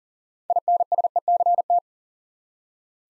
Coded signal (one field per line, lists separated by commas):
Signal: Morse code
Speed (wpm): 40 wpm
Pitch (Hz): 700 Hz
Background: none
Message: INSECT